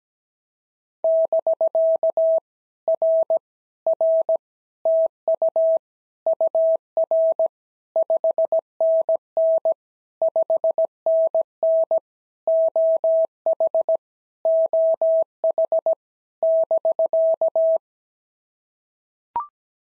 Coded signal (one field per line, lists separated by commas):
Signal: Morse code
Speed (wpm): 17 wpm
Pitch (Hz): 650 Hz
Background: none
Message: <BK> R R TU UR 5NN 5NN OH OH <BK>